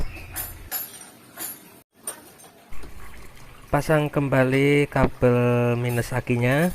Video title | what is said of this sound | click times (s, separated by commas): Cara membersihkan ISC mobil | Kemudian pasang songketnya sampai bunyi klik. | 2.1 s